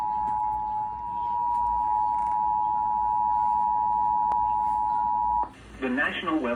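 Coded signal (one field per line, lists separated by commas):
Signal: Emergency Alert System (SAME) tones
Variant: 853 and 960 Hz attention tone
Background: speech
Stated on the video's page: Severe thunderstorm warning EAS tones relayed by a TV station.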